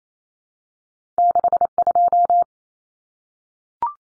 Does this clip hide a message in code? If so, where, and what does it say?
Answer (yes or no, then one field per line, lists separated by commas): yes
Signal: Morse code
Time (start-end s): 1.2-2.4 s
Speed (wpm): 28 wpm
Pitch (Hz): 700 Hz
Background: none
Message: 62